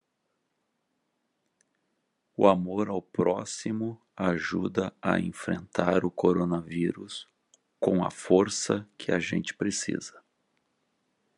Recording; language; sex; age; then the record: spoken sentence; Brazilian Portuguese; male; 50 to 59 years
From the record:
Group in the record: control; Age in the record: 59 years